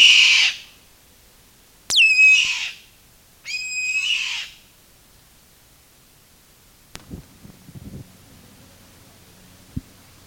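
Bird calling with three short rasping screeches in the first few seconds, then quiet with faint low rumbles and scattered clicks.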